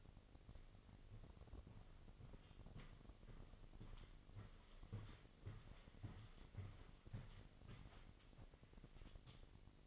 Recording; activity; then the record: daily activity, microphone in the room; walk to room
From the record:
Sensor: 4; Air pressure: 1000.3 hPa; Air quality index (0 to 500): 212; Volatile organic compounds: 21 ppm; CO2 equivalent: 2736 ppm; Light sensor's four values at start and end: 9/21/8/8 and 9/19/8/7